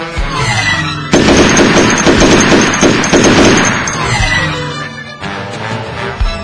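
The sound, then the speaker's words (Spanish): A loud, sustained burst of rapid machine gun fire rattles for about four seconds, rising abruptly out of a steady tonal backdrop and cutting off just as suddenly. “¡Vienen del norte! ¡Vienen tirando balazos! ¡Agáchense!”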